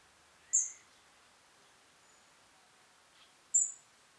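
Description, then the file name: European robin calls, two sharp high ticks about three seconds apart, with a faint lower note before the second, in quiet surroundings. "Erithacus rubecula"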